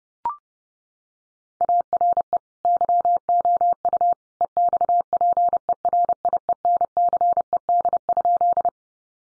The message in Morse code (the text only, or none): ARE YOU EXPERIENCED?